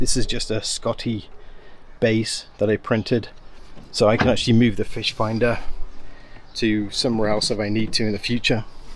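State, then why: Not seated. A fish finder mount is handled next to a 3D-printed plastic Scotty-style mounting base on a Princecraft Yukon 140 BT boat with a Honda BF25 outboard while someone talks. Nothing has seated or clicked yet.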